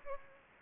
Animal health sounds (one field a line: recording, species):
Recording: mosquito wingbeat signal from an infrared sensor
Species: Aedes aegypti